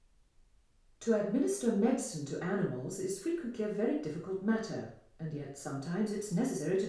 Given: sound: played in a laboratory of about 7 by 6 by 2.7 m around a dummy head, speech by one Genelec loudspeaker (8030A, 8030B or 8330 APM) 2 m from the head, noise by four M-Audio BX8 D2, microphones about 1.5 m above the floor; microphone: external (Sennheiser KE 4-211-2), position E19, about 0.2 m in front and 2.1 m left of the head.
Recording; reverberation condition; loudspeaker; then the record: female speech in English; medium; 30 degrees to the left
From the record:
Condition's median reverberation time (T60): about 510 ms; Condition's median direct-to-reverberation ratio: about -0.5 dB